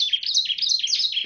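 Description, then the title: Bar-winged prinia song: a short run of quick, sharp descending chirps, several per second. "Suara Burung Ciblek"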